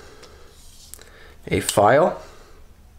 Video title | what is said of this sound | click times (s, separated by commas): Unboxing The Topocado Koenig Arius And Some Goodies From REC! | nice big one and that locks out as well not just liner locked open i | 0.9 s